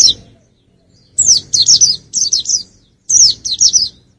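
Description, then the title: White-eye song in short phrases of sharp, high, slurred chips, each a few quick notes, separated by brief pauses. "Burung Campur3. pleci usro"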